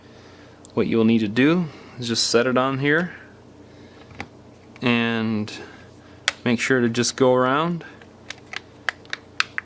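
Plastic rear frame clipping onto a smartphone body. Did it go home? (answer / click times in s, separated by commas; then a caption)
yes / 8.3 s, 8.6 s, 8.9 s, 9.1 s, 9.4 s, 9.6 s. Someone talks while the plastic back frame of a Motorola Moto G smartphone is set onto the phone body and pressed down around the edges. Its plastic clips snap into the body one after another with sharp clicks at 8.3, 8.6, 8.9, 9.1, 9.4 and 9.6 seconds, and the frame is seated.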